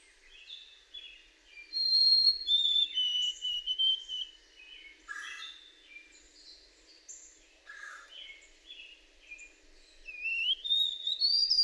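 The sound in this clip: White-throated sparrow song, clear pure whistled notes stepping down in pitch, then a rising whistle near the end, amid a busy chorus of other songbirds.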